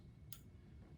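An Ethernet plug is pushed into the port on the modem/core unit and clicks in at 0.3 s, a short sharp tick over a low steady hum. The connector is seated.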